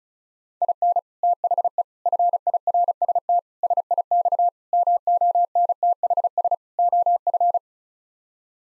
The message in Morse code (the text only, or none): IN THE FIRST SIX MONTHS OF